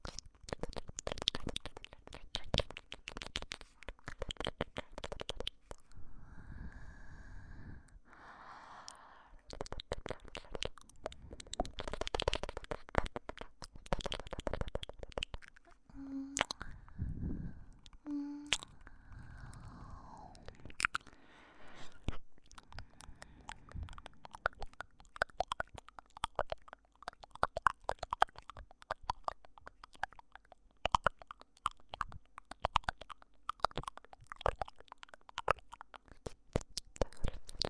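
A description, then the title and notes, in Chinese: Mouth sounds and ear licking, a dense, nearly continuous stream of wet clicks and smacks running the whole length. Around 6–9 seconds and again near 16–20 seconds, softer, smeared licking passages come through between the clicks before the rapid clicking returns. 3D纯享口腔音（asmr助眠舔耳）。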